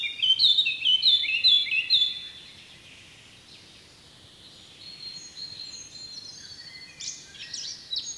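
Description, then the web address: Eurasian blackcap giving a short run of clear, repeated whistled notes, followed by quieter, scratchy warbling fragments. "SETE data Sylvia atricapilla"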